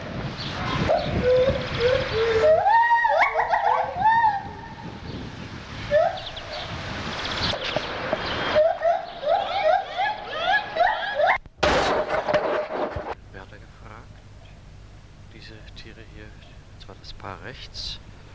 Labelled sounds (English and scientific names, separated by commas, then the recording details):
Silvery Javan Gibbon (Hylobates moloch)
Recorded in captivity
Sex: pair
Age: adult
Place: Zoo Berlin, Berlin, DE
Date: 1984-03-02 12:18
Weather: 5°C, sonnig
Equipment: Sony TCM-7, Mikrofon Olympus Mi-7, Kopie Uher 4000 Report Monitor
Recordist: Tembrock, Günter